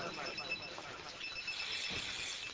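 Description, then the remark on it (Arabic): A telephone rings continuously with steady, high-pitched electronic tones for a couple of seconds over a murmur of background voices and noise. “نعم، لو ما كان محرم لدعوت على هذا الهاتف.”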